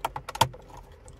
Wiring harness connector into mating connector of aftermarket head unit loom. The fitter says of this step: until it clicks